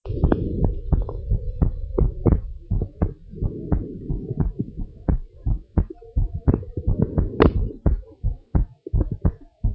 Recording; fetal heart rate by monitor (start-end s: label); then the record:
heart sounds of a pregnant woman by stethoscope
no fetal heartbeat
From the record:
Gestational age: 38 weeks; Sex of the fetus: boy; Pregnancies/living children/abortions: 2/1/0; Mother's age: 29 years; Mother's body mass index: 38.9